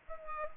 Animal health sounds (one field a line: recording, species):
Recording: mosquito wingbeat signal from an infrared sensor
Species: Culex pipiens